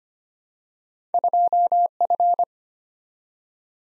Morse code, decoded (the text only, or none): 2F